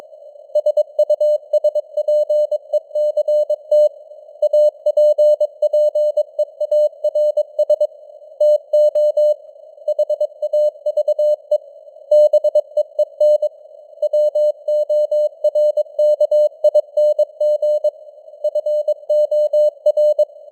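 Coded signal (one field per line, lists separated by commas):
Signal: Morse code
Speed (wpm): 22 wpm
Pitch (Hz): 600 Hz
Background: none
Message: SUSPECT APPEARS TO HAVE BEEN WORKING FOR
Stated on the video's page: Morse code news headlines at 22 wpm with simulated radio noise and varying signal strength (QSB).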